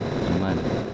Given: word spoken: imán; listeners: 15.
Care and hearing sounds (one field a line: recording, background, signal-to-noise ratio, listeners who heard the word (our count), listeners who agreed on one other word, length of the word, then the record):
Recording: one Spanish word in noise, from a listening test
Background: noise modulated by three-talker babble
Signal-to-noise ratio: -3.0 dB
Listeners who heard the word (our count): 1 of 15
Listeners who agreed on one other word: 12 of 15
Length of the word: 0.54 s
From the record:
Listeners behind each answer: 12, 1, 1, 1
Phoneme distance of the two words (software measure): 14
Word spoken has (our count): 2 syllables, 4 phonemes, stress on syllable 2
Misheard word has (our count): 2 syllables, 4 phonemes, stress on syllable 1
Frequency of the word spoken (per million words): 4.46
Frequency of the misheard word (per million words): 305.83